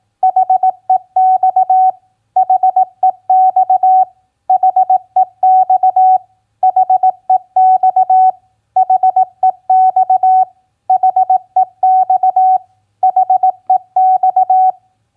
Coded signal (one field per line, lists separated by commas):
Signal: Morse code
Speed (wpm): 18 wpm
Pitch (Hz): 750 Hz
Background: none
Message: HEX HEX HEX HEX HEX HEX HEX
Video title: Morse Code Practice QSO Elements Q7b OCFD-BEAM-HEX 18wpm